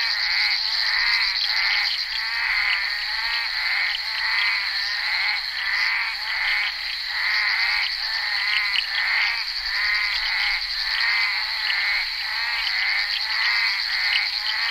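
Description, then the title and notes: Bullfrog: frogs croaking in a dense chorus, harmonic croaks repeated many times, over a constant high-pitched insect-like whine. Recorded during the filming of Henri Duparc's Bal poussière, February 1988. "crapaux buffle. enregistré sur le tournage Bal poussière dhenri duparc en février 1988"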